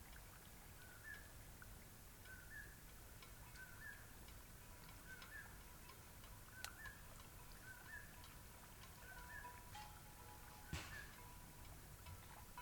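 A cloudy night beside Taylor Lake in the Russian Wilderness. A short, mid-pitched double chirp repeats at a steady pace, about every second and a half, over a constant soft hiss. Two sharp clicks stand out, near seven and eleven seconds.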